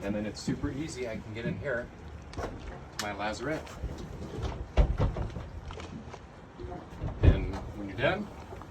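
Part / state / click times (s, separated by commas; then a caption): boat deck table into its locking mount / not seated / none. Someone talks while handling a new sliding back-deck table on a boat, moving it along its locking mount, with a few short knocks and thumps. The clip ends before the table is pulled back into its stowed position, and nothing has locked into place yet.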